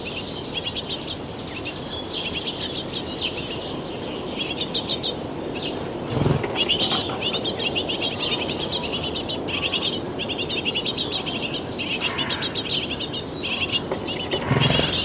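Busy birdsong around a nest box, with rapid, high chirping from hungry chicks repeating in dense bursts throughout. The calls grow louder and more insistent after about six seconds, when a brief low thump sounds, with another near the end over a soft outdoor hush.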